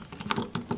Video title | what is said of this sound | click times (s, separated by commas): Mavic Pro After Crash motor repair | place right there it locks into place | 0.3 s